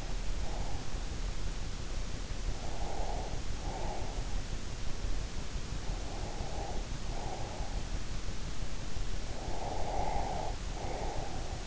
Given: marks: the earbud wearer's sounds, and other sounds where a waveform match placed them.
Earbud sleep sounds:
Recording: sounds in sleep by an in-ear microphone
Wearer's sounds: breath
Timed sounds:
0.00-1.25 s: breath
2.61-4.18 s: breath
5.87-7.87 s: breath
9.33-11.67 s: breath

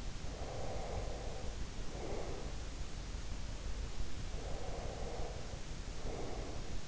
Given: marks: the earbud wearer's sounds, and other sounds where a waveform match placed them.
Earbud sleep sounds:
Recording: sounds in sleep by an in-ear microphone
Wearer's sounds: breath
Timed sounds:
0.23-2.75 s: breath
4.38-6.84 s: breath

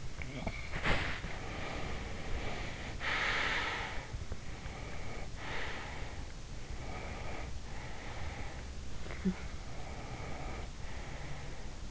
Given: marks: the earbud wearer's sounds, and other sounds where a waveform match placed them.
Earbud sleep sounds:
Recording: sounds in sleep by an in-ear microphone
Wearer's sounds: body movement, breath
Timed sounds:
0.00-1.48 s: body movement
0.71-4.31 s: breath
4.43-6.37 s: breath
6.59-8.69 s: breath
9.56-11.91 s: breath

